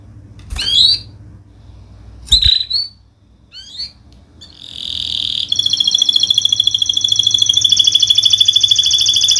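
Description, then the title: Canary song: a few sharp sweeping chirps, then a long, steady, rapid high trill rolling on with rich overtones for several seconds, over a low background hum. Domestic canary in vigorous full song (gacor), showing its best 'cengkok' melodic style with rich 'isian' fill phrases; Indonesian songbird-keeping (kicaumania) context. "Kenari Gacor Cengkok Terbaik Isian Paling Mewah Kenarigacor Kicaumania Kenari"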